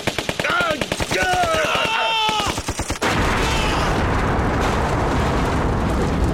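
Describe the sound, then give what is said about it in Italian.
Rapid, sharply pulsing gunfire with shouting voices over it for about three seconds, then a sudden loud explosion as the shots set off the bomb Father Lonergan carried under his jacket, becoming a sustained, rumbling roar of noise. “Gli spari fecero esplodere la bomba che padre Lonergan portava sotto la giacca.”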